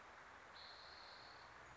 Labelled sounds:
Spotted Towhee

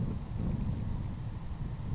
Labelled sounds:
Savannah Sparrow

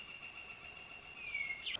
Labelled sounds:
Northern Flicker

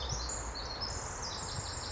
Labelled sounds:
Pacific Wren

